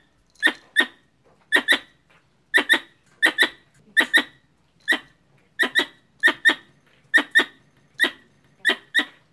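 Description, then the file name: Squirrel chirps: short, bright, clicky squeaks, mostly in doubled bursts, repeating throughout with little else heard. Female calling a male. "tieng soc cai goi duc soc bong"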